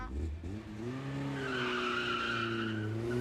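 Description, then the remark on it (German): A car engine roars as tires screech in a long, high-pitched squeal, the harmonic whine holding steady as someone throws themselves in at the wheel and the car pulls away. No voices are heard. “Wirft sich ins Auto, in das Steuer.”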